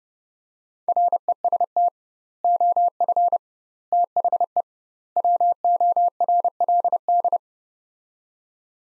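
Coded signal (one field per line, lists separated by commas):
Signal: Morse code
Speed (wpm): 30 wpm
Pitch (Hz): 700 Hz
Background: none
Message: REST OF THE WORLD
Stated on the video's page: Practice drill of sets of four words at 30wpm with doubled word-spacing, a Farnsworth-like method for head-copy practice.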